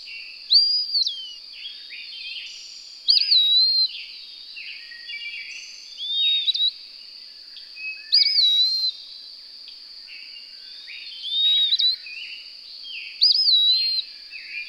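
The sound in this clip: Bird song of clear whistled phrases, each with a quick upward flick and a falling glide, six phrases, with a continuous high hum behind.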